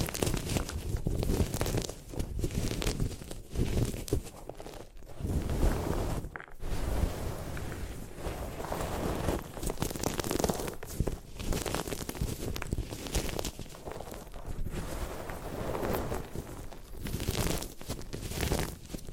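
Gym chalk being crushed and ground, a dense, gritty crunching that runs almost without pause. The scraping and crumbling come in quick, uneven bursts with rough, full-bodied texture, broken by one brief near-silence around six seconds before the grinding resumes.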